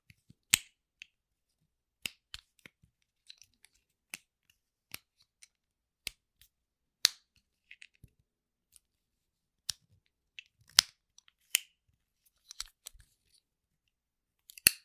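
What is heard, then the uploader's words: Sharp, dry cracks and snaps of bone-cracking sounds, each a brief bright crack, arrive irregularly every second or so across the fifteen seconds. A few come in quick clusters of two or three, with softer ticks between and near silence in the gaps. 13 different triggers with simple things but big sounds that I find around the house. BONE-nus LIVE bone cracking sounds.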